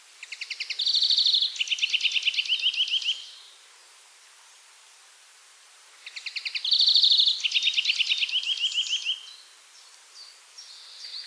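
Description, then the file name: European greenfinch producing two bouts of fast, rattling trills about three seconds long, separated by a few seconds of quiet, with faint notes at the end. "Chloris chloris"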